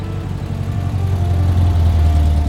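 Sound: car engine idling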